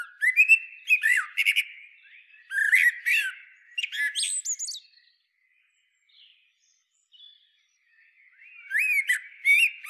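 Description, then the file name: Common blackbird song phrases: warbled whistles ending in high squeaky twitters, three phrases then a pause and another phrase near the end. "Turdus merula"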